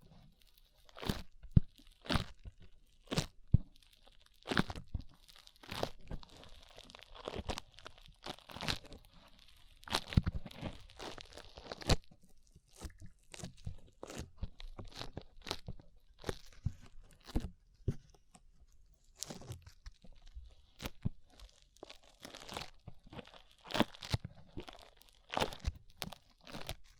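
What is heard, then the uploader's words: Sticky slime sounds: wet pops, squelches and crackly snaps arriving in quick irregular bursts, many per second at times, with brief quieter gaps. Each snap is sharp and bright, set against a faint hiss. No voice is heard. ASMR SLIME IN YOUR EARS 3Dio Sticky Sounds (No Talking).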